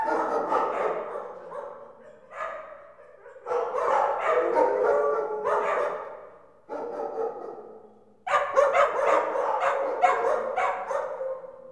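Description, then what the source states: Dogs barking in a loud chorus, dense overlapping barks in bursts broken by short lulls, with some higher yelps. Many dogs barking in an indoor kennel.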